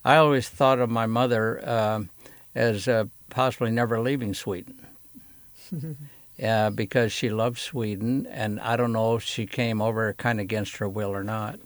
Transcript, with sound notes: I always thought of my mother ah - as ah possibly never leaving Sweden. (laughs) Ah because she loved Sweden and I don't know if she came over kinda against her will or not.